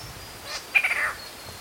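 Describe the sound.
Squirrel cuckoo giving a brief, cat-like nasal note that starts with a quick stutter and falls a little in pitch, over light background hiss.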